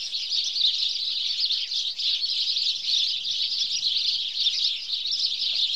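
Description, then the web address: House sparrows chattering in a constant stream of overlapping chirps, the din pulsing gently but never stopping. "BBC Sound Effects Library Birds House Sparrow (Passer Domesticus)"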